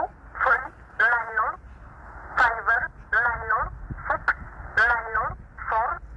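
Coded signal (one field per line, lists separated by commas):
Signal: numbers station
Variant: E11 Oblique, English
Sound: short, evenly spaced spoken words in narrow radio audio with pauses between them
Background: shortwave radio static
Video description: 13363 kHz USB - E11 'Oblique' Numbers Station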